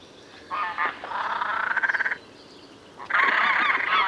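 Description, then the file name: Great crested grebe calling with coarse braying notes that break into a fast pulsed rattle, pause, then a loud drawn-out rasping call. "Svasso Maggiore"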